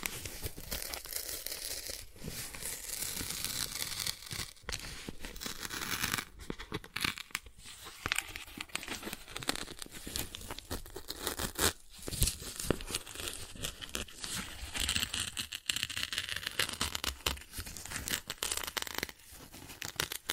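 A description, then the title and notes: Dry cardboard scratching and tearing runs continuously, a dense rough rasp with frequent short rips and crinkles layered throughout. Brief sharp tears stand out near two, four and a half, seven and twelve seconds. ASMR Cardboard Scratching, Tracing, Tearing (No Talking).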